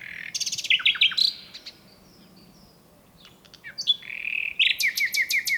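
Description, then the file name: Common nightingale song: rich varied phrases with sharp chirps and whistles, a quiet gap, then a rapid series of repeated descending notes. "Luscinia megarhynchos"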